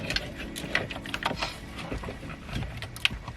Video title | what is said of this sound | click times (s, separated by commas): Nissan Titan full car stereo install | we get a click there this is an older version of the harness the newer versions have | 3.0 s